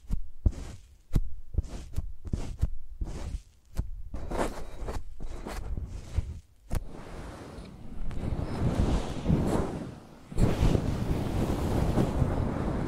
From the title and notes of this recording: Using Mics as Pencils (No Talking).